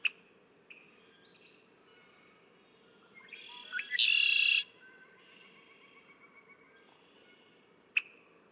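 Red-winged blackbird song: a sharp check note, soft rising introductory notes, then one loud harsh buzzy trill, followed by quiet chatter and another sharp check.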